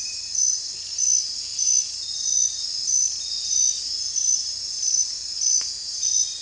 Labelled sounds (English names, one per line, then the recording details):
none
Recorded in dense forest near Puerto Asís, Putumayo, Colombia, on 21 December 2024 at 00:30
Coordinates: 0.467, -76.328
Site GP05